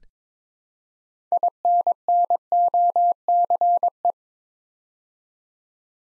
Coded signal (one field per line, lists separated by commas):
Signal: Morse code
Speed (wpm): 22 wpm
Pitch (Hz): 700 Hz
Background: none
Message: INNOCE